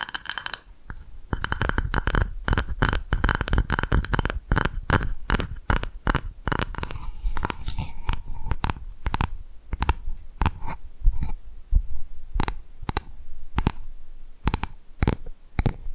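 Sharp tapping sounds on different surfaces, struck in quick, uneven bursts. The taps are dense for the first eight seconds, then thin out into spaced single knocks and short pairs. Each hit is crisp with a brief dull thump beneath, over quiet background hiss.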